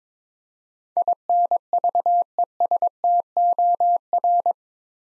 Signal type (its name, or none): Morse code